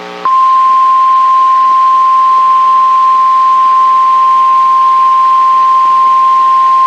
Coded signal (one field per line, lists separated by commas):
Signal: Emergency Alert System (SAME) tones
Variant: 1050 Hz attention tone